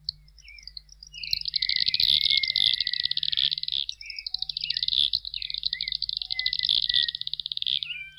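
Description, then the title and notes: Fork-tailed flycatcher chattering in long, high, buzzy sputtering trills, nearly continuous with brief breaks, plus a few short squeaky notes. Song of varied chirps and twitters; open places with trees or shrubs, sallying out to catch insects; defends territory aggressively; reaches the pampas plain in spring to breed; very long black tail. "Museo de Ciencias de Bahía Blanca. Tijereta (Tyrannus savana)"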